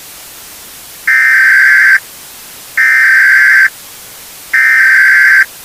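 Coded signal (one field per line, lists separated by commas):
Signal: Emergency Alert System (SAME) tones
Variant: header bursts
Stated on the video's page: Fictional EAS scenario alert about a prion.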